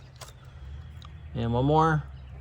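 The last electrical connector is handled onto an ignition coil of a 2009 Mazda 6 2.5-liter during misfire troubleshooting, with faint short handling noises near 0.2 s and 1.0 s over a low hum. Someone talks from about 1.4 to 2.0 s. Nothing has seated or clicked yet.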